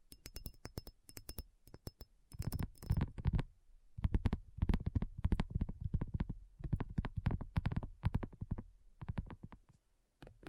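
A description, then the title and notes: Fingertip tapping in quick, uneven clusters, starting with a few sharp, crisp clicks and building into dense rolling bursts. The taps have a soft, thumpy low body with bright clicky edges, and brief pauses separate each flurry throughout. ASMR Addictive Tapping. (No Talking).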